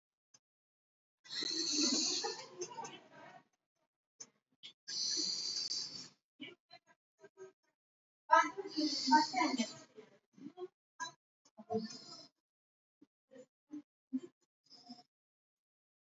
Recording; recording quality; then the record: deep breathing; excellent, no background noise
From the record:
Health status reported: COVID-19 positive, mild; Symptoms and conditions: cough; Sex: male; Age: 23 years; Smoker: yes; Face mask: not worn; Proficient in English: no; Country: India